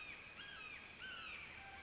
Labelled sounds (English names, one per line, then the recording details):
Red-shouldered Hawk
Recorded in Sonoma County, California